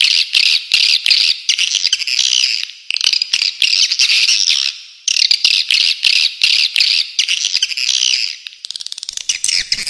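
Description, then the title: Swiftlet twittering calls: dense, buzzy, high chirps packed into bursts of one to two seconds, separated by brief gaps, with a thinner, sharper stretch near the end. Clean, clear calls. "Suara Walet Original Bersih Plus Jernih"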